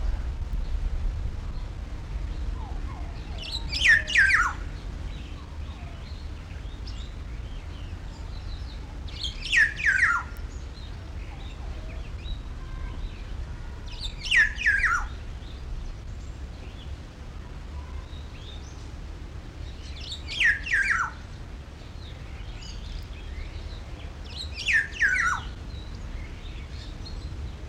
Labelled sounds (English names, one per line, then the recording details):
Black-naped Oriole
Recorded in captivity
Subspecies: celebensis
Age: adult
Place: Zoo Berlin, Berlin, DE
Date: 1994-08-06 12:38
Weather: wolkig bis heiter, 24-28°C
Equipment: Marantz CP 430, Sennheiser ME 80, Kopie Uher Variocord 263
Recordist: Tembrock, Günter
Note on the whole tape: Celebes-Schwarznackenpirol (O.ch. celebensis): Rufreihen - Entfernung ca. 6 m